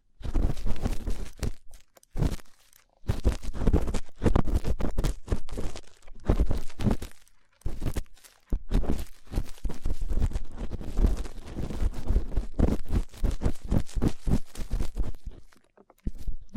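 Rough ear cleaning, heard as dense bursts of scratchy rubbing and crunching that run in long stretches with brief silent gaps near 2, 3, 8 and 16 seconds. The scraping is low and heavy, with crackly, crinkling detail on top.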